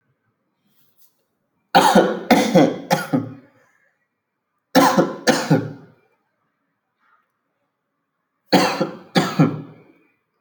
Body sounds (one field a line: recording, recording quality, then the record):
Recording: heavy voluntary cough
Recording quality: excellent, no background noise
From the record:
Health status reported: recovered from COVID-19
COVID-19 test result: positive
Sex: male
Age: 22 years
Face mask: not worn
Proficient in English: yes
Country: India